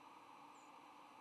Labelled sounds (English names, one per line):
White-throated Sparrow flight call